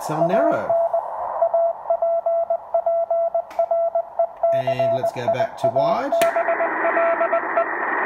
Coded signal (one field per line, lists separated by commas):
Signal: Morse code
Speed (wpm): 19 wpm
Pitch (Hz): 670 Hz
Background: speech, radio noise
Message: AN APPRECIABLE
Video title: CW Audio Filter …. Hear Clearly @TheArtofEngineering